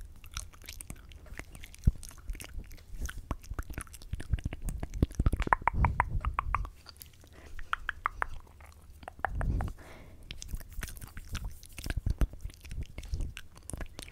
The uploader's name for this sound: ASMR Mouth Sounds (finger fluttering, tongue clicking, face touching)